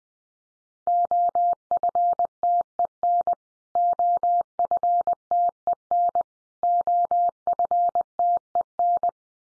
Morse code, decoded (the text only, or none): OFTEN OFTEN OFTEN